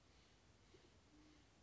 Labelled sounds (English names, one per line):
Band-tailed Pigeon